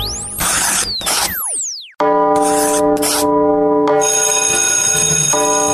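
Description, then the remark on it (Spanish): An electric bell rings with a loud, sustained metallic buzz and a harsh rattling edge, following a burst of clattering, swooshing mechanical noise, marking the start of the Canto Maestro programme. No one speaks. “Ya tocó la campana, estás en Canto Maestro.”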